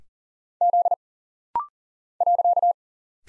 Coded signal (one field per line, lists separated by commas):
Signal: Morse code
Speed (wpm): 42 wpm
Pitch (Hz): 700 Hz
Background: none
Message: Z .